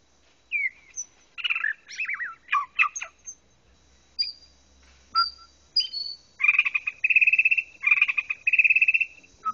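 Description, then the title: White-rumped shama song: varied whistled phrases and slurred notes, then loud rattling trills held near one pitch, with pauses between phrases. "murai batu"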